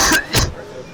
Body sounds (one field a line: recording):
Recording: coughing mixed with background sound